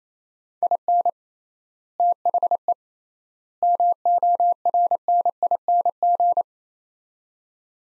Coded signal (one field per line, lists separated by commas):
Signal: Morse code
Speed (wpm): 28 wpm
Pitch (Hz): 700 Hz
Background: none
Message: IN THE MORNING